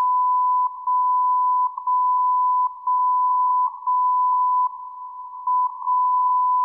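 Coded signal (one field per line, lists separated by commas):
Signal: radio time signal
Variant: WWVB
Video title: Airspy HF+ Discovery SDR with YouLoop Passive Loop Antenna WWVB @ 60 kHz from Fort Collins Colorado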